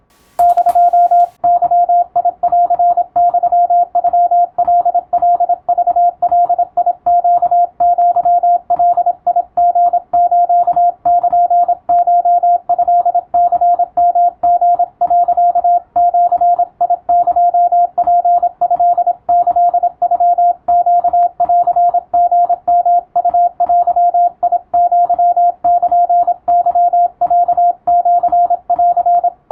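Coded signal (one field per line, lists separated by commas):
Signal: Morse code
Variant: Japanese Wabun code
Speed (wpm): 27 wpm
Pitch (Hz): 700 Hz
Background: radio noise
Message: <DO>ゲンユノカカクガネアガリスルコトニヨリ、ジエツトキノネンリヨウデアルケロシン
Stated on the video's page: Japanese Wabun Morse receiving practice in radiotelegraph operator exam telegram format, with adjustable speed.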